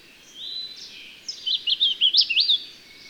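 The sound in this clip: Bird song: a high thin whistle, then a quick series of sharp zigzag notes over steady background hiss.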